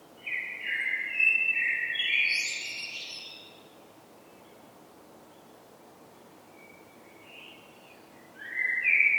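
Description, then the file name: Common blackbird delivering a flowing fluty phrase with a high squeaky finish, a long quiet gap, then the start of another whistled phrase. "Turdus merula"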